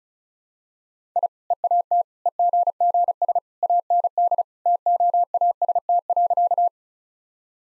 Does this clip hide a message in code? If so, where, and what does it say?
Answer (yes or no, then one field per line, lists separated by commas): yes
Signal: Morse code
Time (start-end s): 1.2-6.7 s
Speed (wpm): 36 wpm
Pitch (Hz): 700 Hz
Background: none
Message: I EAT EGGS AND TOAST.